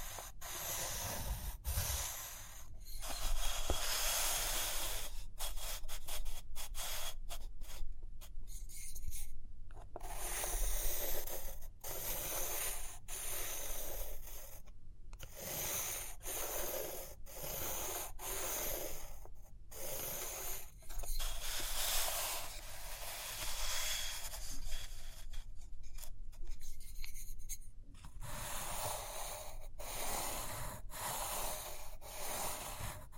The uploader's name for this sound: Page Turning and Tapping, Writing, Drawing